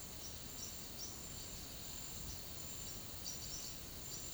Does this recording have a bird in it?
yes